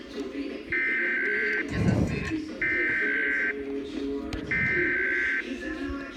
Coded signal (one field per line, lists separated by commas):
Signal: Emergency Alert System (SAME) tones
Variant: header bursts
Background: speech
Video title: EAS #11 Required Monthly Test